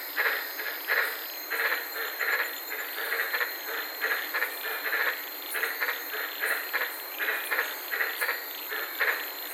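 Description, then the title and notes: White-lipped tree frogs calling, short harsh barking notes repeated about once or twice a second in overlapping series, over a steady high-pitched insect hum. Several frogs recorded at night from inside a car in the Daintree rainforest, Queensland, Australia. "White Lipped Frog Podcast. I was sitting in my car in the Daintree rainforest in Queensland this night and fell asleep listening to these amazing White lipped frogs"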